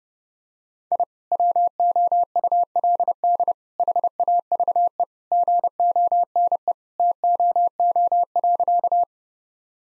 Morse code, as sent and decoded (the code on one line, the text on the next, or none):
.. / .-- --- ..- .-.. -.. / .... .- ...- . / --. --- -. . / - --- --- .-.-.-
I WOULD HAVE GONE TOO.